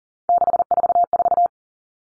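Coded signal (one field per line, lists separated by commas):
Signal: Morse code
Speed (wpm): 40 wpm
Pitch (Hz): 700 Hz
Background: none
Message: 644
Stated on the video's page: Morse practice drill of three-digit numbers at 40 wpm, each number sent twice.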